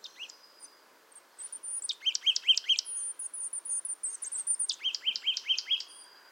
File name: Poecile palustris